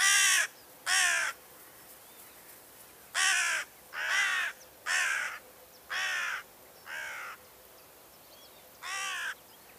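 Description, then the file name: Carrion crow cawing: about eight harsh, hoarse caws in ten seconds at irregular intervals. "Corvus corone"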